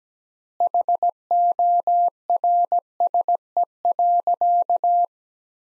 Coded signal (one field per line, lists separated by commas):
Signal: Morse code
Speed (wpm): 17 wpm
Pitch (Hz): 700 Hz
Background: none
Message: HORSE.